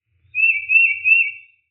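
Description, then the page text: Tufted titmouse whistling a clear high phrase of three joined, wavering notes, each slightly rising then falling, over about a second, with a faint low sound beneath. A single bird in deciduous forest. "Deciduous Forest Tufted Titmouse Solo. Quick Sounds"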